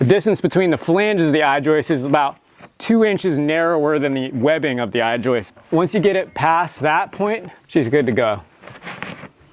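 Someone talks while a ROCKWOOL mineral wool insulation batt is handled for pushing up into an I-joist floor bay, between flanges about 2 inches narrower than the web. A brief sharp sound occurs near 9.0 s. The batt has not yet popped past the flange, and nothing has seated yet.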